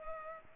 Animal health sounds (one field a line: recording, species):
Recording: mosquito wingbeat signal from an infrared sensor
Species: Culex pipiens